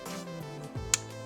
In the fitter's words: reinsert the battery place the battery on the battery mount and push until you hear a click